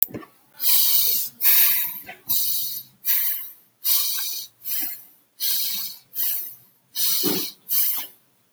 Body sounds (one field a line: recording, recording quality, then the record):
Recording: shallow breathing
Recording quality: excellent, no background noise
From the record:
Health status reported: exposed to COVID-19, no respiratory illness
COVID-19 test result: not tested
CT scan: not taken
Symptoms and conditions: none ticked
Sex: male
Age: 42 years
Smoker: no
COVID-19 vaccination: none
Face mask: not worn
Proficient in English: yes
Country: India